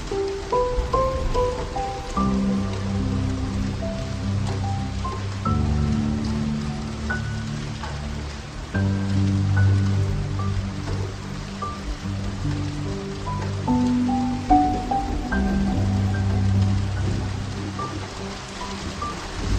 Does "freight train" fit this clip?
no